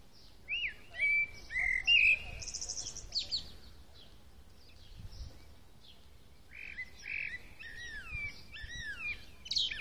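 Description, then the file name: Common blackbird song: rich fluted whistles ending in a high chittering flourish, then a second softer warbled phrase with descending slurs and squeaks. "Turdus merula"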